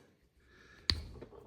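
A swappable plastic toy wolf head is pulled straight off its neck ball joint. There is quiet handling, then a sharp pop at 0.9 s followed by faint rustling. The head comes free of the joint.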